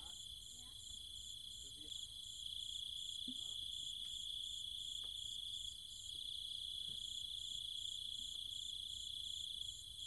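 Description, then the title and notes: Cicada and insect chorus, a continuous piercing whine with quick pulses on top, scattered soft clicks and chirps underneath. Cicadas and other insects calling at night in trees and fields, Chiang Mai, Thailand, countryside. "Cicada countryside, Thailand. Nighttime sounds of the cicadas and insects in the trees and fields, Chiang Mai, Thailand. Recorded by Alex Boyesen"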